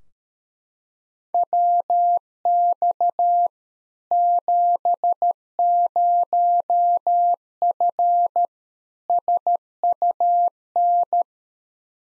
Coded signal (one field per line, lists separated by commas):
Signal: Morse code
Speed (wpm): 13 wpm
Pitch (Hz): 700 Hz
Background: none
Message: WX 70F SUN